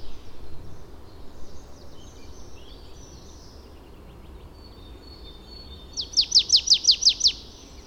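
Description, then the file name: Marsh tit calls: after quiet faint chirping, a brisk string of eight bright, descending notes bursts out near the end, evenly spaced and loud. "Poecile palustris"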